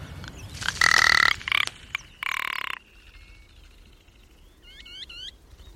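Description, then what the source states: Rock ptarmigan call: dry, croaking rattles in short bursts during the first three seconds, followed later by a few thin, curved chirps. On the Cairngorms plateau.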